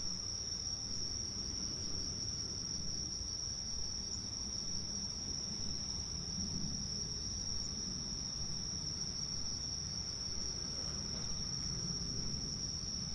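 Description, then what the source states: Cicadas keep up a steady, sustained high whine throughout, set against a murky low-frequency rumble. Countryside soundscape.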